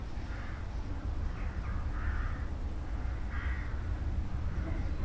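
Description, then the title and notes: Crows giving a few harsh caws in separate bursts, spaced throughout, above a steady low-frequency background rumble. Flock of crows in the evening sky, late evening at night, St. Peter-Ording, Germany. "St. Peter-Ording, 25826 Sankt Peter-Ording, Germany - crows at night kraehen am spaeten abend. ein kraehenschwarm am abendhimmel. a swarm of crows at night sky"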